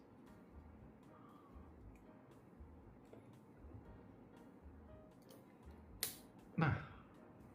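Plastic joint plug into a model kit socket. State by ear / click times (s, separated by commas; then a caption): seated / 6.0 s. A plastic joint plug on a Gundam model kit is pushed into its socket and seats with a sharp click at 6.0 s, meaning it is attached and secure, since without that click it would not yet be in place. Someone talks briefly after the click.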